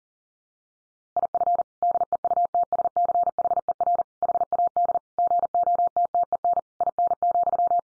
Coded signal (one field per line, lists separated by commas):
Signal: Morse code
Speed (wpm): 40 wpm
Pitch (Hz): 700 Hz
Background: none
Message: IF DEUTSCHER HAD GOTTEN IN,